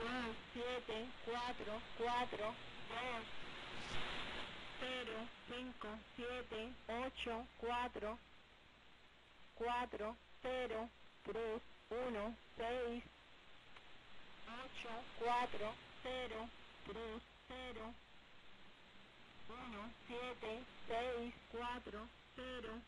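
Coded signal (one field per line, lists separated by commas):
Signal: numbers station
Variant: V2a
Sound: a voice reads 25 digits in five groups of five, evenly paced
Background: radio static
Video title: Numbers Station V2a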